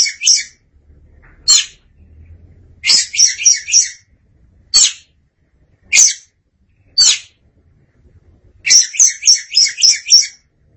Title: Suara Kicauan Burung Kacer Durasi Panjang